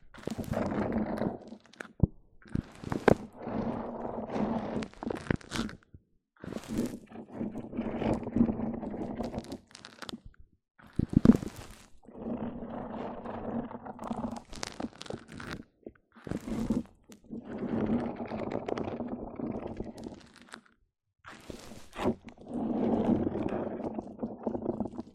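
Mic-on-mic triggers: bursts of muffled rubbing and crunching, a few seconds each, separated by silent gaps and sharp taps.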